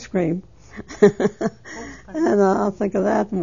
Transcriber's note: she laughs